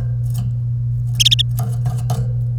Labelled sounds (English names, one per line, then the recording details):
Domestic Canary song
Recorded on 1 May 2018 at 13:13
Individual llb3